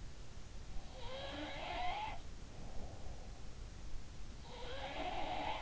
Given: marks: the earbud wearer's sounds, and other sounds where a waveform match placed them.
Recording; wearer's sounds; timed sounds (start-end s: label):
sounds in sleep by an in-ear microphone; breath
0.74-3.53 s: sound from someone else or the room
2.24-3.35 s: breath
4.34-5.62 s: sound from someone else or the room